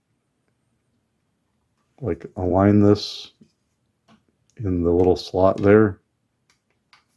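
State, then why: Not seated. Someone talks while lining up a plastic slide cover with the small slot on a pocket calculator, ready to push it on. A few faint ticks are heard near the end, but the cover has not snapped into place or seated yet.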